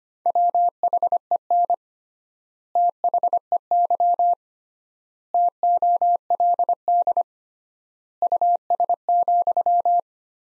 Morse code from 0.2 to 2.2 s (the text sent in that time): WHEN